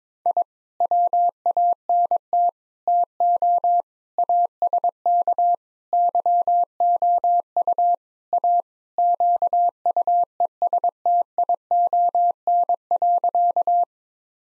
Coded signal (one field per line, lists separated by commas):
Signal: Morse code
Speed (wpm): 22 wpm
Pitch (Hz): 700 Hz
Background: none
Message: I WANT TO ASK YOU A QUESTION.